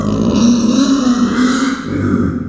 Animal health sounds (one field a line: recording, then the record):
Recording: squeal of a Yucatan mini pig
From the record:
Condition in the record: after surgery on the right vocal fold (resection and tissue-engineered implant)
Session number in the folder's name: 9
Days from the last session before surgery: 65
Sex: female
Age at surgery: 19 weeks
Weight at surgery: 25 kg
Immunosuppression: prednisolone